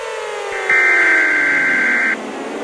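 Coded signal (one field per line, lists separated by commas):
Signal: Emergency Alert System (SAME) tones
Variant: header bursts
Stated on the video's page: Fictional alert scenario about a global hurricane, an animation.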